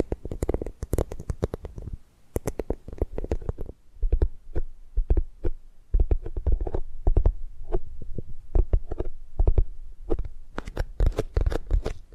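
Rapid tapping and gripping sounds in dense bursts of sharp clicks with soft low thuds, pausing briefly around two and four seconds.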